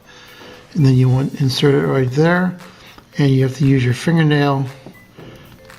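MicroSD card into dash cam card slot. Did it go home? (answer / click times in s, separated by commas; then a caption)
yes / 5.7 s. A microSD (TF) card is inserted into the card slot of a dash cam with its gold contacts facing up and pushed in with a fingernail while someone talks. It clicks into place at 5.7 seconds, seating the card.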